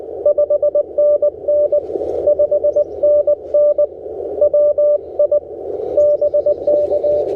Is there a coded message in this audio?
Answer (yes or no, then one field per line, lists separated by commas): yes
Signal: Morse code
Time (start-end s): 0.3-7.2 s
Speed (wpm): 20 wpm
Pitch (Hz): 600 Hz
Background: none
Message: 5NN 5NN WI BK